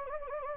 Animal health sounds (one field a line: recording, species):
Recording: mosquito wingbeat signal from an infrared sensor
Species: Anopheles gambiae